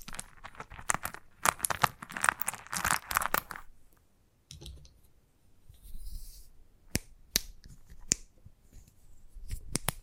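Chalk taps and scratches in a busy cluster of sharp, bright clicks for the first three and a half seconds. After a short pause, a soft high scratching rasp appears near six seconds, then isolated crisp taps land sparsely until the end.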